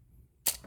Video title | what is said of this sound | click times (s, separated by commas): NEW!! Milwaukee 1000V FIRST LOOK! 48-22-2215 and 48-22-2218 | There we go. There's the cam out. | 0.5 s